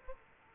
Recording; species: mosquito wingbeat signal from an infrared sensor; Aedes aegypti